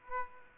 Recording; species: mosquito wingbeat signal from an infrared sensor; Aedes aegypti